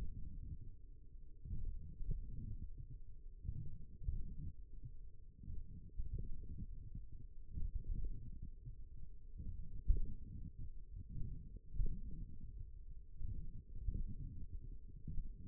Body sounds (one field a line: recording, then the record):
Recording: forearm muscle sounds (acoustic myography)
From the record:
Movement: radial deviation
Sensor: system 1, eight BSWA MPA416 microphones around the upper forearm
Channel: 2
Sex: male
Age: 42 years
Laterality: right